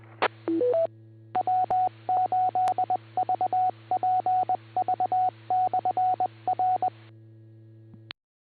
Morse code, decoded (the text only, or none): E W8VPV/R